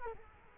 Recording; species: mosquito wingbeat signal from an infrared sensor; Culex quinquefasciatus